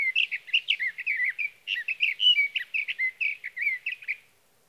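Sage thrasher delivering a fast, continuous warbling song of sweeping slurred notes with one brief break midway.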